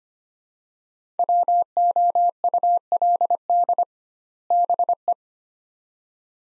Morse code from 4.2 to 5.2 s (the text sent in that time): BE